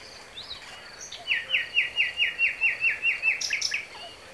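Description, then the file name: Common nightingale song: a long, even series of loud, rich repeated notes delivered rapidly, then a short flourish. "Luscinia megarhynchos"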